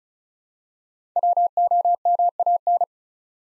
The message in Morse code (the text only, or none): WOMAN